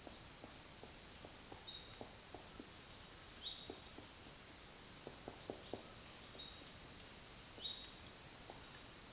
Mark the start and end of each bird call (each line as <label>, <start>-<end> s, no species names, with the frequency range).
bird call (2.9-5.4 kHz), 1.60-2.06 s
bird call (3.0-5.6 kHz), 3.29-4.04 s
bird call (2.4-5.5 kHz), 6.28-6.75 s
bird call (2.4-5.9 kHz), 7.48-8.06 s